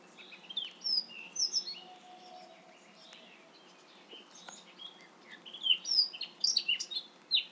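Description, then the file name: Eurasian blackcap warbling in short bursts of quick, high, varied notes, with a brief quieter gap midway before a livelier burst at the end. "Sylvia atricapilla"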